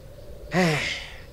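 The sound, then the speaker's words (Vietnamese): One heavy, breathy pant, a voiced huff that starts abruptly, drops slightly in pitch, and trails off into airy breath noise over about a second. No talking. A man out of breath from manual work on a cold, drizzly day near Tết stops working to speak. “Thằng Út nó thở hổn hển, dừng tay mà nói.”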